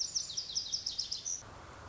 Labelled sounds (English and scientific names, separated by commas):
Lazuli Bunting (Passerina amoena)